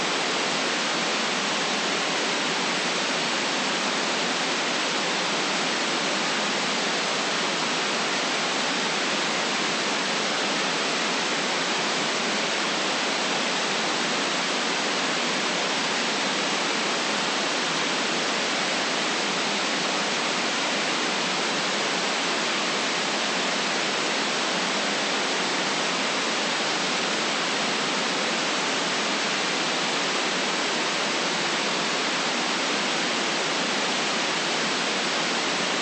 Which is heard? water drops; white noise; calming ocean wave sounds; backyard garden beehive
white noise